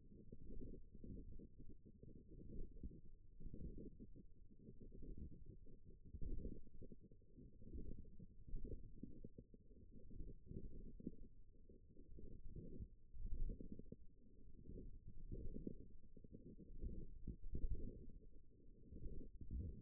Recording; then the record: forearm muscle sounds (acoustic myography)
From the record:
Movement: wrist flexion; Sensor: system 1, eight BSWA MPA416 microphones around the upper forearm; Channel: 7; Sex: female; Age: 21 years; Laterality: right